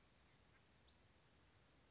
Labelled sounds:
Western Flycatcher (Empidonax difficilis)
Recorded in Sonoma County, California

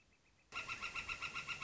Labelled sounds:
Northern Flicker (Colaptes auratus)
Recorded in Sonoma County, California

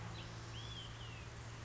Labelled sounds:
Olive-sided Flycatcher (Contopus cooperi)
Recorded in Sonoma County, California

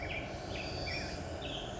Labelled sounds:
Black-headed Grosbeak (Pheucticus melanocephalus)
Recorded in Sonoma County, California

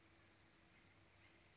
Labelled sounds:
Western Flycatcher (Empidonax difficilis)
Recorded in Sonoma County, California

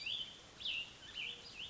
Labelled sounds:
Cassin's Vireo (Vireo cassinii)
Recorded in Sonoma County, California

